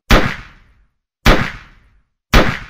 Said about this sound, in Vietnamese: Thấy chúng nó vẫn chạy thục mạng, Minh nổ súng bắn chỉ thiên.